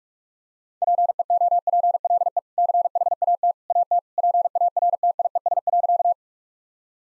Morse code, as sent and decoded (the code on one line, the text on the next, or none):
.--. . --- .--. .-.. . / -.-. .... .- - / .- - / .--. .- .-. - .. . ... .-.-.-
PEOPLE CHAT AT PARTIES.